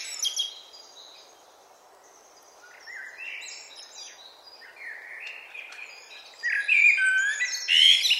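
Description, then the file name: Eurasian blackbird song: quiet thin notes and twitters, then a stronger fluted phrase ending in bright squeaky flourishes. "Turdus merula"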